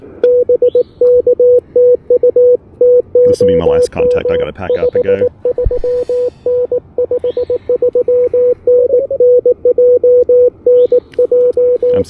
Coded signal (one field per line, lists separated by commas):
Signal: Morse code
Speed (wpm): 19 wpm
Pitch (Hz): 490 Hz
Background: speech, radio noise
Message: BK TU TOM 53N 53N NJ NJ